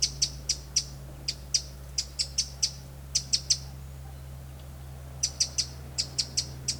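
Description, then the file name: Eurasian wren giving sharp, high ticking calls in short bursts of several notes, pausing between groups, over a steady low hum. "Troglodytes troglodytes"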